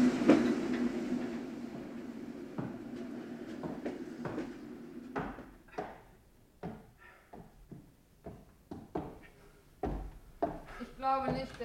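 A train rumbles along with a steady low hum, then a run of sharp, uneven clickety-clacks as its wheels pass over the rail joints, some knocks louder than others.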